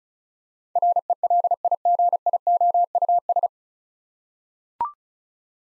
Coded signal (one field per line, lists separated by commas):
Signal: Morse code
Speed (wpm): 36 wpm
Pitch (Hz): 700 Hz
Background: none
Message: RELIGIOUS